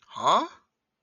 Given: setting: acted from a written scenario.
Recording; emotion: vocal sound without words; confusion